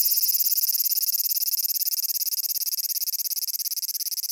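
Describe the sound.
Cicada calling with a shrill, regular pulsed buzz, the rapid beats evenly spaced and fading slightly toward the end.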